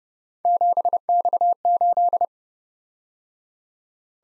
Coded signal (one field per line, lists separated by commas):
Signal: Morse code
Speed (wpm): 29 wpm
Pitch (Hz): 700 Hz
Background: none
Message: 7X8